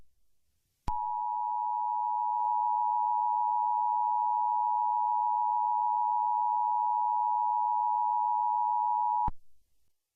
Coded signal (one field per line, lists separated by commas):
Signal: Emergency Alert System (SAME) tones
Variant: 853 and 960 Hz attention tone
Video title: EAS Scenario 1 - The Night Lurker